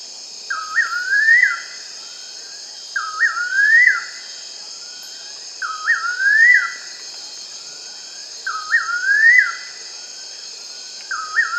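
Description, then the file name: Bird repeating a clear whistled phrase of rising, gliding notes roughly every two and a half seconds, five times, against a steady high-pitched background buzz. "SABIOD 50 bird 2015"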